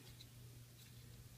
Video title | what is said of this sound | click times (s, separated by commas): Review Mastermind Creations Reformatted R-03 Bovis | i don't know if i heard it or not but it clicked in so | 0.2 s